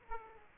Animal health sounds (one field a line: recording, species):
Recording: mosquito wingbeat signal from an infrared sensor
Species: Aedes aegypti